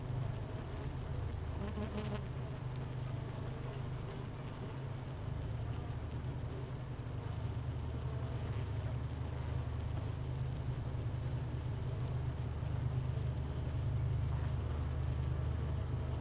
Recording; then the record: honeybee colony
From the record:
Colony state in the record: missing queen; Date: 31 May 2018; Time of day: 10:03